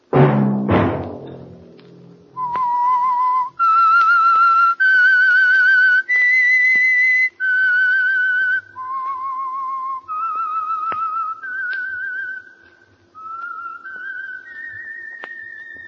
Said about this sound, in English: Let that whistle be your signal for the Signal Oil program, The Whistler, each Wednesday night at this same time.